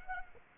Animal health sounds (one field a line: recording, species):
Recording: mosquito wingbeat signal from an infrared sensor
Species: Anopheles arabiensis